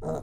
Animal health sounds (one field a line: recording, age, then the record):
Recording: pig call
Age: piglet (1 to 25 days)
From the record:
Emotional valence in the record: negative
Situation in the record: long isolation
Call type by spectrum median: low-frequency call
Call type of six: low-frequency tonal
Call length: 0.22 s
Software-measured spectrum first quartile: 176 Hz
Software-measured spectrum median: 433 Hz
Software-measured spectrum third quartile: 637 Hz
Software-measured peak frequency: 630 Hz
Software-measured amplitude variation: 84 dB a second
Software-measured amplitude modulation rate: 11.2 a second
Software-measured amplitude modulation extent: 7.5 dB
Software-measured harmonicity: 1.2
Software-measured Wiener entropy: -0.38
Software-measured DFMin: 915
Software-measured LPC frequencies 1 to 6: 587, 1302, 3891, 6429, 7111, 8407 Hz